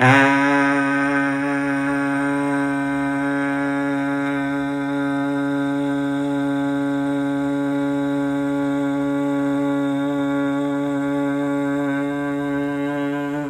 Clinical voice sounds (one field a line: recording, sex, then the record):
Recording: sustained vowel /a/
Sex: male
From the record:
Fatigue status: no fatigue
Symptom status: asymptomatic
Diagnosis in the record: COVID-19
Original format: m4a